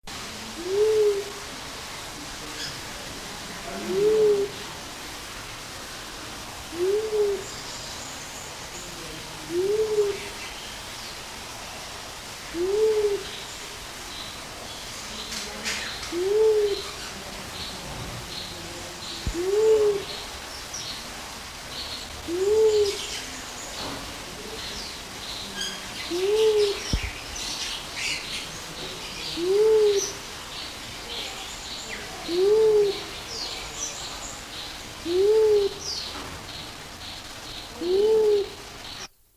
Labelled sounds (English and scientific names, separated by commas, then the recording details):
Mindanao Bleeding-heart (Gallicolumba crinigera) call, Coroneted Fruit Dove (Ptilinopus coronulatus)
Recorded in captivity
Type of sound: call
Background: Ptilinopus coronulatus
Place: Zoo Berlin, Berlin, DE
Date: 2000-09-07 17:24
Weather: fair, 16°C
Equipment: Nagra SN, Kopie Uher 4000 Report Monitor
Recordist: Tembrock, Günter
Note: Männchen: Lautfolgen. Entfernung ca. 50 cm